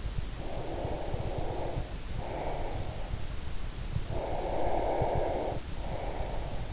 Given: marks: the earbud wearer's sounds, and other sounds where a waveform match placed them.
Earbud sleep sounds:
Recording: sounds in sleep by an in-ear microphone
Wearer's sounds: breath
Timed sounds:
0.29-3.20 s: breath
3.99-6.73 s: breath

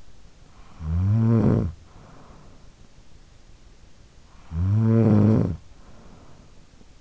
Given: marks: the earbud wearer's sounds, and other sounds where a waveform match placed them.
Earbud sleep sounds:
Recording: sounds in sleep by an in-ear microphone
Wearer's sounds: snoring breath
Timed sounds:
0.00-3.17 s: snoring breath
4.13-6.86 s: snoring breath

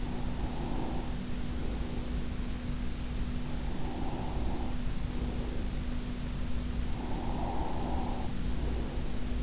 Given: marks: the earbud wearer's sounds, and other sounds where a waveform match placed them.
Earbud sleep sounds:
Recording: sounds in sleep by an in-ear microphone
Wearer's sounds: breath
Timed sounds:
0.18-2.65 s: breath
3.51-5.81 s: breath
6.78-9.43 s: breath

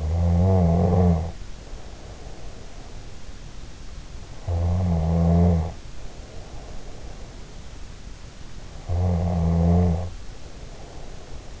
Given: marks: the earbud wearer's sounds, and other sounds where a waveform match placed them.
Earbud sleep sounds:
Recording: sounds in sleep by an in-ear microphone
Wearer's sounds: snoring breath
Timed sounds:
0.00-3.04 s: snoring breath
4.36-7.47 s: snoring breath
8.89-11.60 s: snoring breath

